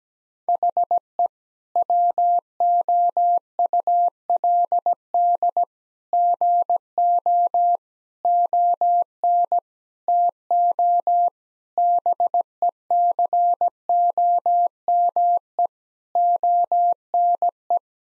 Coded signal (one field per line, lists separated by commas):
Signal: Morse code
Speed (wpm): 17 wpm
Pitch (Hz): 700 Hz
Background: none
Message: HE WOULD GO ON TO BECOME ONE